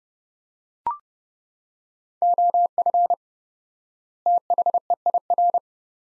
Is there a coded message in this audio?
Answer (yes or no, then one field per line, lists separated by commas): yes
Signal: Morse code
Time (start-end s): 2.2-5.6 s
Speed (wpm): 30 wpm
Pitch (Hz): 700 Hz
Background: none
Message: OF THEIR